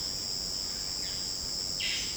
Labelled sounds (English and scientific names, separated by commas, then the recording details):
Violaceous Jay (Cyanocorax violaceus)
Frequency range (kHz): Violaceous Jay (Cyanocorax violaceus) 1.3-4.6 kHz
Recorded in dense forest near Puerto Asís, Putumayo, Colombia, on 24 June 2025 at 15:30
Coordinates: 0.499, -76.324
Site G100